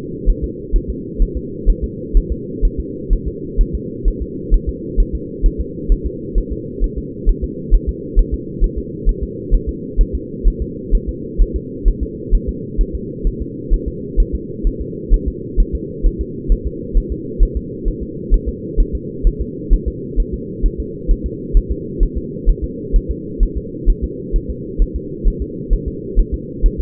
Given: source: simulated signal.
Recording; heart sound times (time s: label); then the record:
fetal heart sounds
0.29 s: S1
0.44 s: S2
0.76 s: S1
0.90 s: S2
1.22 s: S1
1.37 s: S2
1.70 s: S1
1.84 s: S2
2.17 s: S1
2.32 s: S2
2.65 s: S1
2.80 s: S2
3.13 s: S1
3.28 s: S2
3.61 s: S1
3.75 s: S2
4.08 s: S1
4.22 s: S2
4.54 s: S1
4.69 s: S2
5.00 s: S1
5.15 s: S2
5.46 s: S1
5.61 s: S2
5.92 s: S1
6.06 s: S2
6.38 s: S1
6.52 s: S2
6.84 s: S1
6.98 s: S2
7.29 s: S1
7.44 s: S2
7.75 s: S1
7.89 s: S2
8.19 s: S1
8.34 s: S2
8.64 s: S1
8.78 s: S2
9.09 s: S1
9.23 s: S2
9.54 s: S1
9.69 s: S2
10.01 s: S1
10.15 s: S2
10.48 s: S1
10.62 s: S2
10.95 s: S1
11.09 s: S2
11.42 s: S1
11.56 s: S2
11.88 s: S1
12.03 s: S2
12.35 s: S1
12.49 s: S2
12.81 s: S1
12.95 s: S2
13.27 s: S1
13.42 s: S2
13.74 s: S1
13.88 s: S2
14.20 s: S1
14.35 s: S2
14.67 s: S1
14.81 s: S2
15.14 s: S1
15.28 s: S2
15.60 s: S1
15.75 s: S2
16.06 s: S1
16.21 s: S2
16.52 s: S1
16.67 s: S2
16.97 s: S1
17.12 s: S2
17.43 s: S1
17.57 s: S2
17.88 s: S1
18.03 s: S2
18.34 s: S1
18.49 s: S2
18.80 s: S1
18.95 s: S2
19.27 s: S1
19.42 s: S2
19.74 s: S1
19.88 s: S2
20.20 s: S1
20.34 s: S2
20.66 s: S1
20.80 s: S2
21.11 s: S1
21.26 s: S2
21.57 s: S1
21.72 s: S2
22.03 s: S1
22.18 s: S2
22.49 s: S1
22.64 s: S2
22.96 s: S1
23.11 s: S2
23.43 s: S1
23.57 s: S2
23.89 s: S1
24.04 s: S2
24.36 s: S1
24.50 s: S2
24.82 s: S1
24.96 s: S2
25.27 s: S1
25.42 s: S2
25.73 s: S1
25.88 s: S2
26.19 s: S1
26.34 s: S2
26.66 s: S1
26.80 s: S2
From the record:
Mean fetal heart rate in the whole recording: 130 bpm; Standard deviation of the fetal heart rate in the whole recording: 2 bpm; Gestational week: 38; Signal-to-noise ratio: -4.1 dB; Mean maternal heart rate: no maternal heart sound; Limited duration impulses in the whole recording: absent